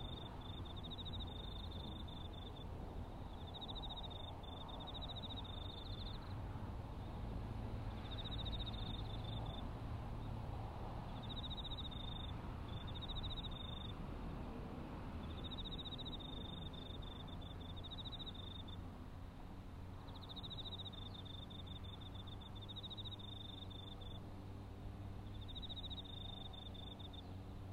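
Autumn insects sing in bright, buzzing bursts every couple of seconds over a steady, low engine-like drone that continues throughout.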